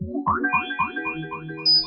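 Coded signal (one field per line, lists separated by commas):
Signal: none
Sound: synth notes in music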